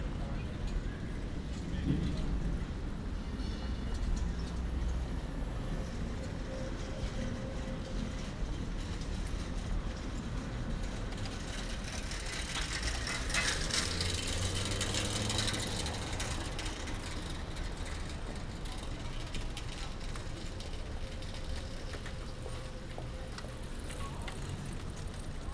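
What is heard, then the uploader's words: A dense outdoor mix of many sounds at once: a constant low rumble of passing vehicles under scattered voices and chatter. The level stays steady throughout, with brighter clatter and hiss swelling between about 12 and 16 seconds before settling back. 100 meter Den Haag/100 metres The Hague. A very dense recording with many different sounds. Recorded walking from the Grote Halstraat to the Torenstraat.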